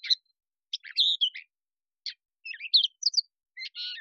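Catbird sings a disjointed series of short mewing, squeaky and rasping notes, each burst a different shape, with gaps of silence between.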